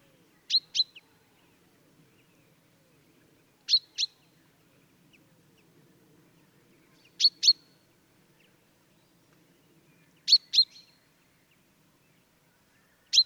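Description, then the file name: Common chaffinch calling with brief high notes in close pairs, repeated roughly every three seconds, over a faint low hum. "Fringilla coelebs"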